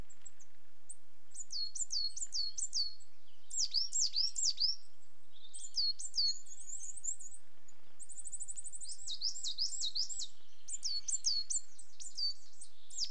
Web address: BBC Sound Effects Library BBC - Birds Coal Tits, Two Pairs Displaying